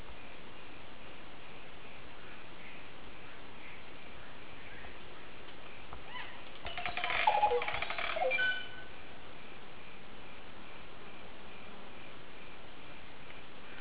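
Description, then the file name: Green oropendola giving a single rich burst of gurgling, liquid notes with short whistles, set within long quiet stretches of faint background chirping. "psarocolius viridis"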